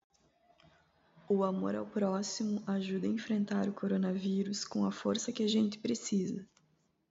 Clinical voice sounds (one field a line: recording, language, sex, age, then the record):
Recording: spoken sentence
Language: Brazilian Portuguese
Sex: female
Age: 30 to 39 years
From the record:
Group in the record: control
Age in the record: 38 years